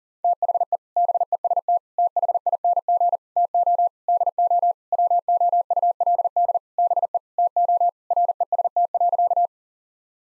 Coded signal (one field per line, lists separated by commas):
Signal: Morse code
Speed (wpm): 40 wpm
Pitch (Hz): 700 Hz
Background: none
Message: THE BEST THING TO DO WOULD BE TO REST.